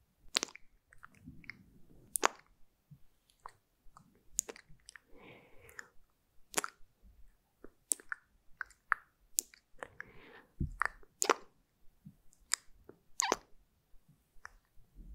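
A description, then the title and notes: Mouth sounds: a string of sharp clicks, tics and wet smacking pops, repeated roughly every second with some quick double clicks. Between them come soft, breathy hisses and moist squishing, and a low thump lands near the eleventh second. ASMR " MOUTH SOUNDS MY BEST " (Personal Attention, Mmuah, Cikiliki, TicTic, SkSk...)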